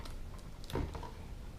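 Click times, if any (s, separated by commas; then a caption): 0.6 s, 0.7 s. A plastic tray is pressed back onto the body of a 3DR Solo quadcopter during reassembly and clicks into place. Sharp clicks are heard at 0.6 and 0.7 seconds, followed by a softer knock near 1.0 second. The tray is seated.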